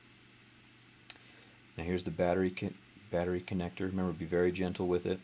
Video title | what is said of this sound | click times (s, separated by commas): Nexus 4 e960 Charging Port fix and Glass Screen Repair. To the point. | I'm pressing that and it'll click as well. | 1.1 s